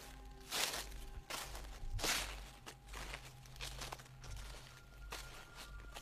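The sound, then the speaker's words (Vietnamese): Slow, rustling footsteps on a roof, a few soft scuffing steps spaced apart over a steady low hum, with no voices. “An Hùng còn nghe cả tiếng bước chân tựa như đang đi lại trên mái, cứ sột soạt chậm rãi”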